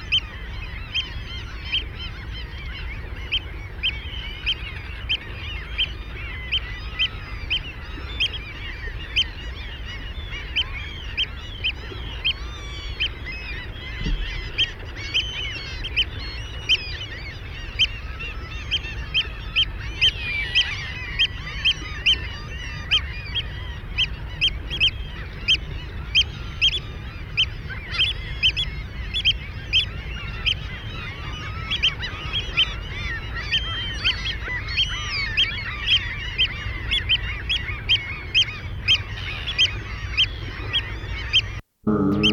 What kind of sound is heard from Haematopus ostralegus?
call